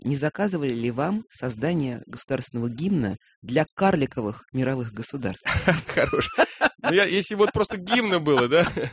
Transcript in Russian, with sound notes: Не заказывали ли вам создание Государственного гимна для карликовых мировых государств?».. (Хохочет) Хорошо!
Если бы это просто гимн был, да?